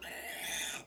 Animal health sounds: pig call; piglet (1 to 25 days)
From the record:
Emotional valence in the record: negative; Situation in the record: castration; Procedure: castration, shear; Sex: male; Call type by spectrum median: high-frequency call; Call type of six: high-frequency modulated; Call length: 0.87 s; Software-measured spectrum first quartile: 2252 Hz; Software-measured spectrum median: 3981 Hz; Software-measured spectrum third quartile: 8315 Hz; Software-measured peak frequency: 3544 Hz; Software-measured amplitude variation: 86 dB a second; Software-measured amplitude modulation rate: 23.6 a second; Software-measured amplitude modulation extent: 3.6 dB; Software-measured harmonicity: -0.1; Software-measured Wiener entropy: -2.08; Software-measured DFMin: 929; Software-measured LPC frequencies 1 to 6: 732, 1853, 2443, 3523, 4458, 6259 Hz

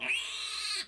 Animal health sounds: pig call; piglet (1 to 25 days)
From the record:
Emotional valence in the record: negative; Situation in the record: castration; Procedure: castration, fixation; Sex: male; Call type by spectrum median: high-frequency call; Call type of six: high-frequency stable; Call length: 0.88 s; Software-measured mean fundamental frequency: 138 Hz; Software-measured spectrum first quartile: 2533 Hz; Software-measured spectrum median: 3431 Hz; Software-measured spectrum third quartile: 4892 Hz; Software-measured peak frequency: 2523 Hz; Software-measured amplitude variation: 111 dB a second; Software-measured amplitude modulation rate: 29.1 a second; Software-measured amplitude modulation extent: 3.8 dB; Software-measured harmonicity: 3.1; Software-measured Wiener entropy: -2.02

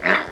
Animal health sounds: pig call; piglet (1 to 25 days)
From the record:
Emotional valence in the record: positive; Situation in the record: huddling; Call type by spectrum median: low-frequency call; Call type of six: low-frequency tonal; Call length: 0.32 s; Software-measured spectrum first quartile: 762 Hz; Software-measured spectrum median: 1469 Hz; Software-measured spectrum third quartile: 1935 Hz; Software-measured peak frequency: 1836 Hz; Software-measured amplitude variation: 156 dB a second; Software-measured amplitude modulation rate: 17.3 a second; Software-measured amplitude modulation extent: 9.0 dB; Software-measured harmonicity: 0.4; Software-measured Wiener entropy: -0.68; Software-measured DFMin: 1087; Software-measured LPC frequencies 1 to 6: 654, 1479, 1888, 3629, 4973, 6441 Hz

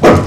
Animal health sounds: pig call; growing-finishing pig (85 days or more)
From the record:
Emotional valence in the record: positive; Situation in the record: run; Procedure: transit

